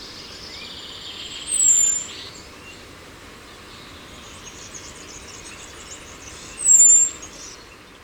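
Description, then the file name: Common blackbird giving thin, very high-pitched calls: two drawn-out, slightly falling whistles about five seconds apart over steady traffic noise. "Turdus merula"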